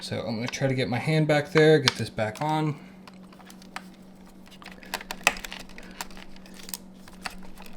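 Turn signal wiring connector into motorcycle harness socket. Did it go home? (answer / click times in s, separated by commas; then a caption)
no / none. Someone talks while reaching blind behind the dash of a Yamaha R1 motorcycle to work a plastic turn signal wiring connector back toward its harness socket, as part of a DRL mod with Rizoma Stealth mirrors or block-offs. After the talk, soft rustling and a few sharp handling ticks are heard, the loudest near 5.3 s. Nothing has seated or clicked yet.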